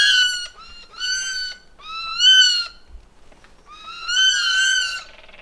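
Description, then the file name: Eurasian jay making four drawn-out nasal mewing calls in a row with short gaps between them, the last one the longest. "Garrulus glandarius"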